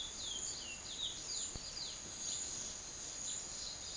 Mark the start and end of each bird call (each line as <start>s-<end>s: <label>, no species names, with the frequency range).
0.00s-3.96s: bird call (2.1-6.8 kHz)